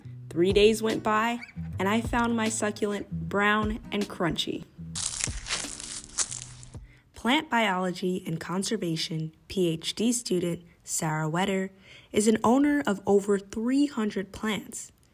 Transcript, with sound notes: Three days went by and I found my succulent brown and crunchy. (Nat sound: Crunched leaves) Plant Biology and Conservation Ph.D. student Sarah Wetterer is an owner of over 300 plants.